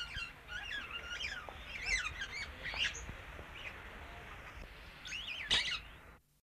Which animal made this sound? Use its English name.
Jonquil Parrot